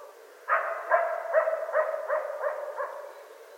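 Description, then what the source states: Coyote yipping: a quick series of about seven sharp, wavering yelps over a steady tonal note, fading toward the end. Recorded 25 January 2013.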